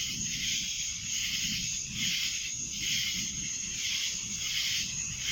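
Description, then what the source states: High cicada buzzing fills the air in pulsing waves, over a soft low rumble of background noise. Cicadas recorded in Annapolis in July 2012.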